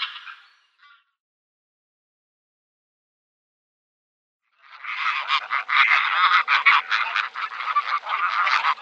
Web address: Schulze Peter Greylag Goose